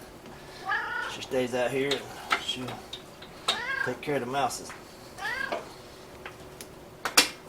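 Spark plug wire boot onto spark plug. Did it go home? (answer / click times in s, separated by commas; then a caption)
yes / 7.0 s, 7.2 s. During a tune-up on a 1969 VW Beetle, a spark plug wire boot is slid onto the spark plug terminal while someone talks and a cat meows. Two sharp snaps at about 7.1 and 7.2 seconds show the boot snapping into place, seated on the plug.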